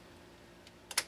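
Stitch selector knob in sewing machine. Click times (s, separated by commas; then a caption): 0.9 s, 1.0 s. The main stitch selector knob on a PFAFF Hobby 560Z sewing machine is turned to the right into the zigzag setting, with a faint tick at 0.7 s. Two short, sharp detent clicks follow at 0.9 s and 1.0 s as the knob seats into position, confirming it is set on the widest zigzag.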